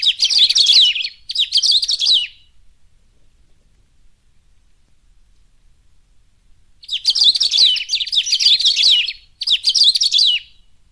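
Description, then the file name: Saffron-billed sparrow song: bursts of rapid, complex chattering warbles, high and twittering, two phrases close together, a long silent pause, then more phrases. "canto do batuqueiro"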